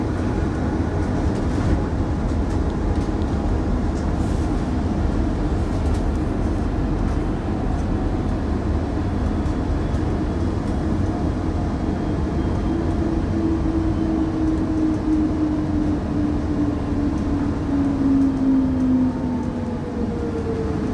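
A bus on the move: a steady, dense low rumble of engine and road noise runs through the whole recording without a break. A faint whine rides above it, drifting in pitch, and slides clearly downward between about 13 and 19 seconds as the engine changes speed.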